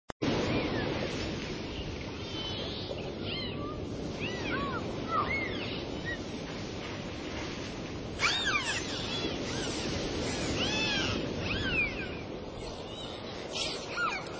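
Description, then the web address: Dolphin whistles, many looping and rising-falling tones overlapping over a constant low hiss and rumble, with a burst of whistling around eight seconds. "symfonie. natury delfiny"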